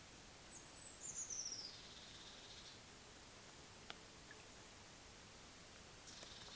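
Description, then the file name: Eurasian blue tit call: one thin, very high note falling in pitch, followed by a long stretch of near quiet and a faint call at the end. "Cyanistes caeruleus"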